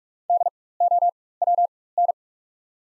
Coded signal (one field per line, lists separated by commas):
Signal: Morse code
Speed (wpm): 46 wpm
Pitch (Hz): 700 Hz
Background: none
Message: DOWN